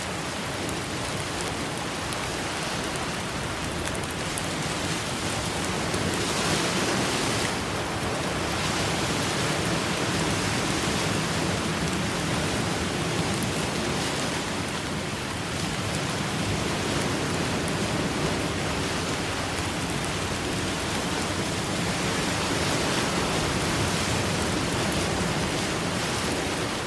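Steady, dense rain hisses evenly across the whole span, with a dull low rumble beneath and slight swells around seven and fifteen seconds.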